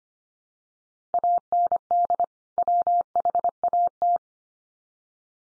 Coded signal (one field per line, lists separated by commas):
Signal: Morse code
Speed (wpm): 25 wpm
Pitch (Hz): 700 Hz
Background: none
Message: AND WHAT